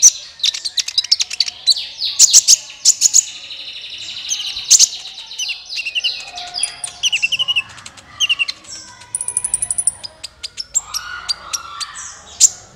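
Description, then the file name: Van Hasselt's Sunbird song: a busy, continuous stream of high twittering chirps, quick ticks and thin warbled phrases with hardly a pause. "suara kolibri ninja"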